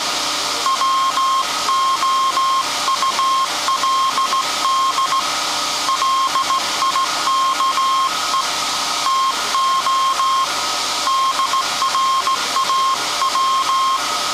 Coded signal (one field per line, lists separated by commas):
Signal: Morse code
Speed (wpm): 16 wpm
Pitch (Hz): 1070 Hz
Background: none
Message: WOULD LIKE TO DRAW